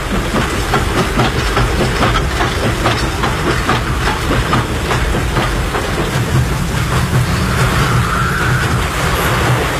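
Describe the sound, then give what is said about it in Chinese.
A train rolls slowly and steadily along rails over a flooded, water-covered track bed, with a loud, continuous rumble, rhythmic clattering of wheels and a broad hiss like splashing water, with no voices. “火车终于顺利通过了，路基和铁轨都完好无损”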